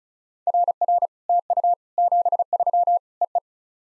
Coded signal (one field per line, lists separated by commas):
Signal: Morse code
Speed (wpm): 36 wpm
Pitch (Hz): 700 Hz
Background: none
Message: RR TU 73 EE